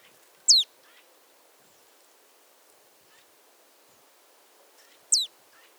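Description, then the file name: Marsh tit giving two brief, piercing down-slurred notes, one early and one near the end, with faint soft sounds between them. "Poecile palustris"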